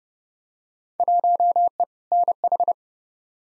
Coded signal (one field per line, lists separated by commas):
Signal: Morse code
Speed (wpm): 30 wpm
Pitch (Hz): 700 Hz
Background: none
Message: 1E NH